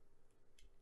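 A microSD memory card is pushed into the spring-loaded card slot of an EZ Flash IV Reform handheld flash cartridge. A single faint, sharp tick is heard at 0.6 s over a low background hum, and the card clicks and seats in the slot.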